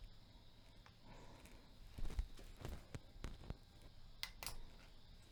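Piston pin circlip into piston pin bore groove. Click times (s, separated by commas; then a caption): 4.2 s. A steel wrist pin retaining circlip is pushed into its groove in the aluminium piston of a 1989 Yamaha Moto 4 ATV engine during a cylinder head and piston repair. Faint scraping and small ticks lead up to a sharp metallic click at 4.2 s as the circlip snaps into the groove, showing it is seated.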